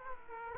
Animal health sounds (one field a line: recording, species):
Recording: mosquito wingbeat signal from an infrared sensor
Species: Aedes aegypti